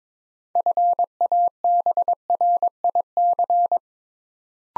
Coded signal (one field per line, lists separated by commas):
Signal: Morse code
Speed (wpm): 22 wpm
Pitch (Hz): 700 Hz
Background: none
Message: FABRIC